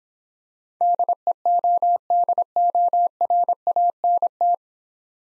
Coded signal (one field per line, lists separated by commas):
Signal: Morse code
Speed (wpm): 26 wpm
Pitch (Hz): 700 Hz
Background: none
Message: DEODORANT